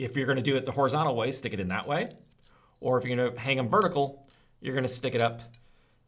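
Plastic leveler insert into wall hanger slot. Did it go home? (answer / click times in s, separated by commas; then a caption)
no / none. A small plastic leveler insert is handled at its slot on a skateboard wall hanger while someone talks throughout in three bursts of speech. The insert has not been pushed home yet, so nothing has seated or clicked in this clip.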